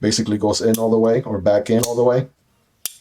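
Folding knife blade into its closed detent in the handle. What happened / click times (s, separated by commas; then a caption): The folding blade snapped into its closed detent / 2.9 s. Someone talks, then the blade of a Ketuo Illusion folding knife, given a small forward swing, drops shut under its own weight. It snaps into the closed detent in the handle with a short, sharp click at 2.9 s, and the blade sits all the way back in.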